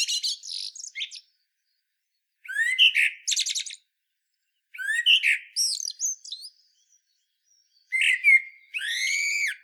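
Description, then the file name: Common blackbird singing four separate phrases of warbled notes and squeaky, high twittering, with short pauses between them. "Turdus merula"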